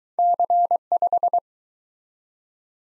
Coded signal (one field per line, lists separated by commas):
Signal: Morse code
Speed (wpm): 23 wpm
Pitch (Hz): 700 Hz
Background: none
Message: C5